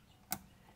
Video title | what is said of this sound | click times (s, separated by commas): EQT RS3 Brushless Low Pressure Fuel Pump Install | i'm just going to stab it right on there press down you will hear a click | 0.3 s